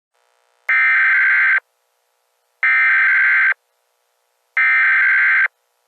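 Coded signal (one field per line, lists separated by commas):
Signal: Emergency Alert System (SAME) tones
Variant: header bursts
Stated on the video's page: Fan-made fictional alert; not a real broadcast.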